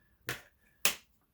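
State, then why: Seated. A plastic turbo brush clip, facing upward, is lined up with a tab on the handle of a Moosoo U1400-Max vacuum (Hoover Breeze/Vortex Evo) and pushed on. Two sharp snaps are heard at 0.3 s and 0.9 s. The clip is seated firmly on the handle.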